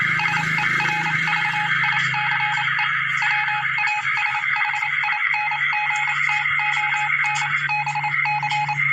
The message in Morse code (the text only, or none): SERVICE WASHINGTON BC